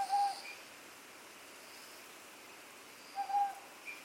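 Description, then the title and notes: Owl hoots twice, about three seconds apart, the second a brief note followed by a longer one, over persistent insect buzzing. Iriomote Island, Okinawa, Japan. "梟 - Owl. Recorded in Iriomote Island Okinawa Japan"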